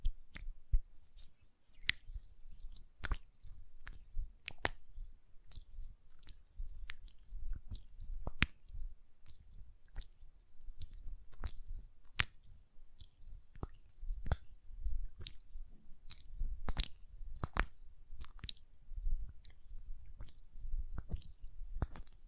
ASMR Hand Sounds, Nail Tapping and Lotion Sounds